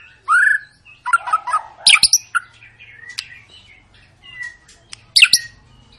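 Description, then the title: White-rumped shama giving a loud rising whistle, then harsh chattering notes and sharp high chips with a few clicks. Long, lively lure song of a white-rumped shama, used to prompt other birds to sing. "Pancingan Murai Batu Gacor Panjang"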